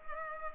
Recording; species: mosquito wingbeat signal from an infrared sensor; Culex pipiens